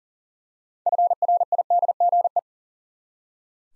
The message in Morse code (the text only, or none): FRIDGE